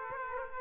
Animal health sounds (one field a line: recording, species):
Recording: mosquito wingbeat signal from an infrared sensor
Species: Aedes aegypti